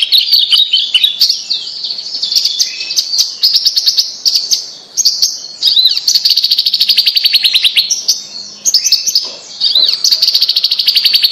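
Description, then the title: Bird song, continuous high twittering with sharp clicks and fast rattling trills, including a dipping whistled note, running for the whole stretch. "Kicau Burung Yoi"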